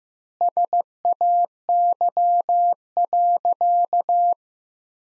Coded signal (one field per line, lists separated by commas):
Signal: Morse code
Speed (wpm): 15 wpm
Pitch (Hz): 700 Hz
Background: none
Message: SAY.